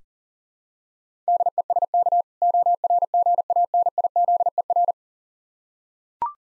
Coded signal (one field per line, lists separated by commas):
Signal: Morse code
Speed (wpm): 40 wpm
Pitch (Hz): 700 Hz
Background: none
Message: DESK ORGANIZER